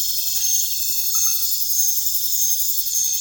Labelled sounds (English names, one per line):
none